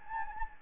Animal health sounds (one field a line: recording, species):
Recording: mosquito wingbeat signal from an infrared sensor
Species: Anopheles gambiae